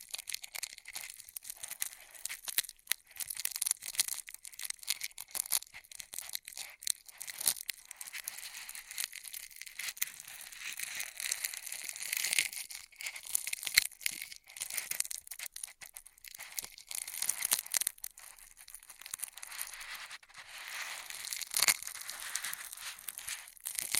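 Straw triggers crinkle and crunch in a dense, busy stream of crisp, bright rustling that runs for the whole stretch. The sound comes in rapid bursts and short scrapes with brief near-silent gaps, around 3, 7 and 22 seconds, and almost nothing low underneath.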